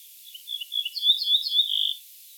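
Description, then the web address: Ortolan bunting phrase of bright, high repeated notes building in the middle and finishing with one longer, lower tone against near silence. "emberiza hortulana call"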